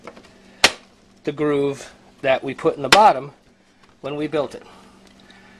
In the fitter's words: and it just snaps right into